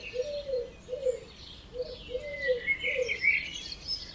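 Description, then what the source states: Birds singing, a short series of low soft notes beneath high twitters and whistles. Dawn chorus at 4 am in Oberhofen, Inntal valley, Austria; binaural recording made for headphone listening.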